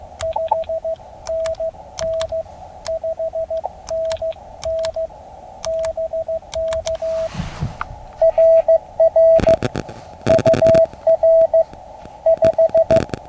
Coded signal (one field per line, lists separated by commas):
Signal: Morse code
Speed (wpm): 15 wpm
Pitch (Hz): 650 Hz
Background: radio noise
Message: 5NN 5NN BK RR UR 5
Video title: QRP POTA on the Rio Grande. SSB and CW (Morse Code) gets it done on Ham Radio!